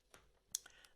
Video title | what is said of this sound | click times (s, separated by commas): How to change the battery In Fujifilm instax Square SQ20 Battery type NP-45s | then I can on the other side press it in and then it click | 0.6 s